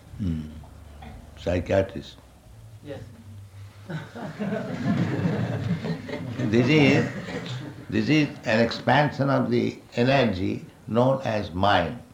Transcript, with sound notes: Hmm. Psychiatrist.
Yes. [laughter]
This is an expansion of the energy known as mind.